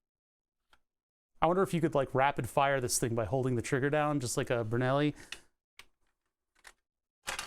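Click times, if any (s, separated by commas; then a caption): 7.3 s. Someone talks, then the plastic cocking slide of a Bug-a-Salt 3.0 salt-shooting toy gun is pushed all the way forward into the gun's body after a few faint small clicks around 5.8 s and 6.6 s. It clicks into its locked position at 7.3 s, leaving the gun ready to fire.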